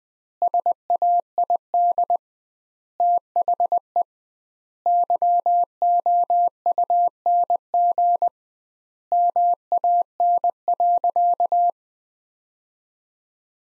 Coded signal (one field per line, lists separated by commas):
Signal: Morse code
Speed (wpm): 21 wpm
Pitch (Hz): 700 Hz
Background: none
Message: SAID THE YOUNG MAN.